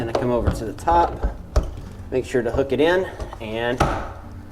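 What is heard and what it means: Someone talks while hooking the top concealed hinge of a cabinet door onto its mounting plate, with the bottom hinge already on, and a few short knocks of handling sound along the way. Nothing has seated or clicked yet; the hinge has not snapped onto the plate by the end of the clip.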